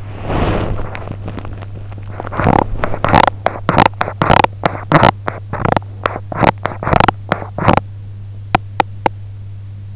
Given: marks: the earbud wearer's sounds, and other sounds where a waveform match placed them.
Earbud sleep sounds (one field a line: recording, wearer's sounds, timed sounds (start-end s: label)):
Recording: sounds in sleep by an in-ear microphone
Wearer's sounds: body movement, teeth grinding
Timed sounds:
0.00-2.14 s: body movement
2.16-7.86 s: teeth grinding
8.44-9.19 s: teeth grinding